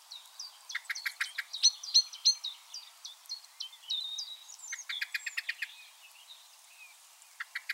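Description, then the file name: Common blackbird calling in rapid bursts of clicking notes, mixed with high, looping whistles and chirps from other birds. "Turdus merula"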